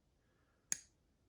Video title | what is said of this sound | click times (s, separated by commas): Quiet Carry Waypoint Review | you can hear a click uh middle finger flick is very good for a lefty | 0.7 s